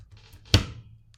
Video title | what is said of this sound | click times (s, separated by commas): What's on a motherboard?! | and you hear that firm click sound. If you all can't hear, there is. Hear that firm click sound, it'll be good. | 0.5 s